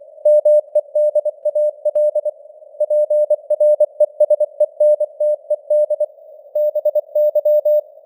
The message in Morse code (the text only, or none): MEDAL PRESENTED BY